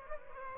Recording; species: mosquito wingbeat signal from an infrared sensor; Aedes aegypti